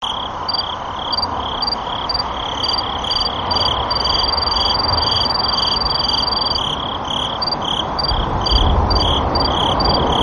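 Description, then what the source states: Sword-tail cricket song: high, thin chirps in short bursts, then a steady trill for a few seconds, then chirps again, over a lower pulsing sound and broad background hiss. Recorded 1 November 2013.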